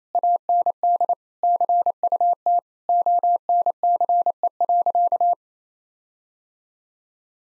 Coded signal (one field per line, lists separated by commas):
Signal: Morse code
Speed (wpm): 28 wpm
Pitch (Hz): 700 Hz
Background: none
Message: AND CUT ONCE.